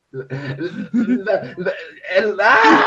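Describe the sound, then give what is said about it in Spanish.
A voice cries in a run of choppy, wavering sobs, then breaks into a louder, strained wail that rises in pitch toward the end. “decepcionaste a tu waifu, está llorando.”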